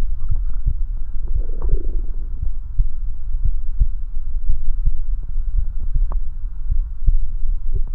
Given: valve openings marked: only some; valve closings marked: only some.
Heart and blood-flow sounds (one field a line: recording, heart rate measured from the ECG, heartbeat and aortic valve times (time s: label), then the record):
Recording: heart sounds by stethoscope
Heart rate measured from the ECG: 56 bpm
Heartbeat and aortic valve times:
0.33 s: heartbeat (ECG mark)
0.41 s: aortic valve opens (echo mark)
1.37 s: heartbeat (ECG mark)
2.44 s: heartbeat (ECG mark)
3.47 s: heartbeat (ECG mark)
4.51 s: heartbeat (ECG mark)
5.60 s: heartbeat (ECG mark)
6.00 s: aortic valve closes (echo mark)
6.73 s: heartbeat (ECG mark)
6.81 s: aortic valve opens (echo mark)
7.77 s: heartbeat (ECG mark)
7.84 s: aortic valve opens (echo mark)
From the record:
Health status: healthy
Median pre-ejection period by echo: 76 ms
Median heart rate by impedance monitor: 55 bpm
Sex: male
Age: 20 years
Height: 178 cm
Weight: 77 kg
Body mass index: 24.30